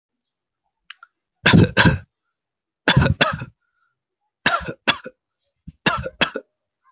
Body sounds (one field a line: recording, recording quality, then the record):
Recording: shallow voluntary cough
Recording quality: excellent, no background noise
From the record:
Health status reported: healthy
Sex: male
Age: 24 years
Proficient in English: yes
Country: India